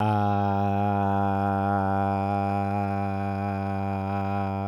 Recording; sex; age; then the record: sustained vowel /a/; male; 30 to 39 years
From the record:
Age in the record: 38 years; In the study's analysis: included